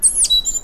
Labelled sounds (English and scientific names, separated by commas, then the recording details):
Stitchbird (Notiomystis cincta) song
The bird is a male
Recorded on Tiritiri Matangi Island, New Zealand, in 2005
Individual 1, of nest box 1